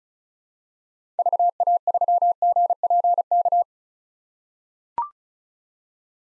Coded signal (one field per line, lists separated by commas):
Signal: Morse code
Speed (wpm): 34 wpm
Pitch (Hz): 700 Hz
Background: none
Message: VA3GPK